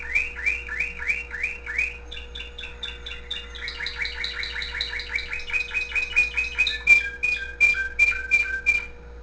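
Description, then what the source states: Canary song of repeated rising whistled notes, then fast buzzy trills and clear high tones, continuous and varied with a low hum in the background. Pet canary with background music.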